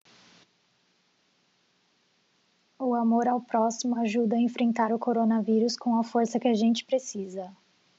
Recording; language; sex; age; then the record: spoken sentence; Brazilian Portuguese; female; 20 to 29 years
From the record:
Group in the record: control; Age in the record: 25 years